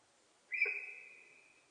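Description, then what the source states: Sika deer giving a single high, piercing whistle that starts abruptly, holds a steady pitch for about a second, then fades out. Japanese sika deer recorded in Japan on 4 November 2006.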